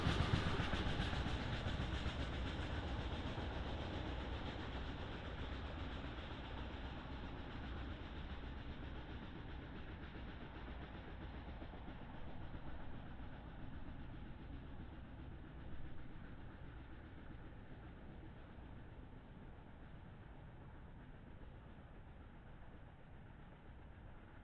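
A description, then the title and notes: A train rumbles past near the tracks, a dense, low rolling roar with steady rattling clatter throughout. The sound is loudest at the start and slowly recedes, its brighter upper edge fading first as the train draws away, leaving a duller rumble by the end. BNSF Freight Train Pass. A major BNSF line runs along the Columbia River Gorge that forms the border between Washington and Oregon states. I had also just acquired my first 32-bit recorder. These trains are long, and heavy, often requiring 2-4 engines to pull and another 1-3 to push.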